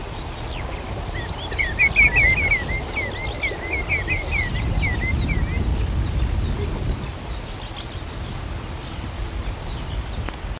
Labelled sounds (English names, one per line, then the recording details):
Common Greenshank
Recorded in the wild
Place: Krombachtalsperre, DE
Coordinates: 50.6217, 8.12722
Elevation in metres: 530
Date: 1964-05-10
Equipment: Uher Report 4000, AKG D190
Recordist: Krey, Winfried
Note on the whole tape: Rufe und Triller